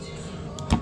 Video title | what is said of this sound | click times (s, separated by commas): SBR's MMPGuns | locks into place along with the strike industries's cheek Riser BCM | 0.6 s, 0.7 s